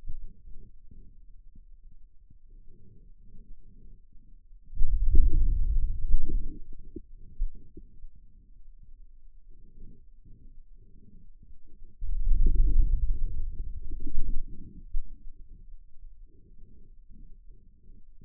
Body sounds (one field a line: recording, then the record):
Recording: forearm muscle sounds (acoustic myography)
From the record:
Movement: wrist flexion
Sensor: system 2, bracelet of six BSWA MPA416 microphones around the upper forearm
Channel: 4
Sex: male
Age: 22 years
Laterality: right